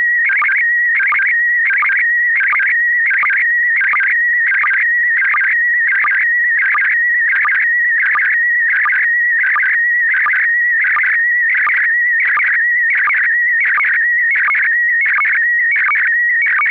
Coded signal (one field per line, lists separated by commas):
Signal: SSTV (slow-scan television)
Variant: PD 90